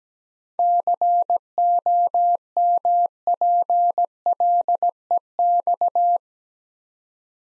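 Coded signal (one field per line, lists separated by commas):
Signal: Morse code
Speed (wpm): 17 wpm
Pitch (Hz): 700 Hz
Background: none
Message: COMPLEX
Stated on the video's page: Morse practice at 17 wpm: seven-letter words sent twice for head-copy drill.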